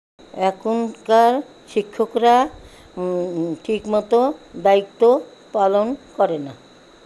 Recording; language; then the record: elicited speech; Bengali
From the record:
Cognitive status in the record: dementia